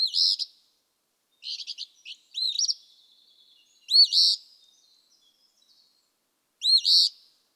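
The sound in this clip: Eastern phoebe song: raspy two-note phrases repeated several times, with a quick stuttering buzzy note between them, on an otherwise still background.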